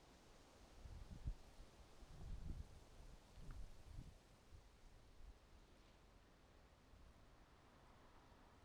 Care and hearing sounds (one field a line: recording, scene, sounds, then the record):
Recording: everyday scene through a hearing-aid microphone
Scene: wind on the microphone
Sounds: wind, traffic, birds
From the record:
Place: suburban garden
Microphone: in the ear canal, right